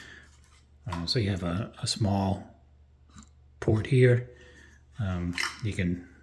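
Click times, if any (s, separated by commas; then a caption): none. Someone talks while handling a plastic nozzle attachment at the small port of a Ryobi cordless inflator, with faint brief taps near 0.4 s and 3.2 s between the speech. The nozzle has not locked into the port yet; nothing has seated or clicked.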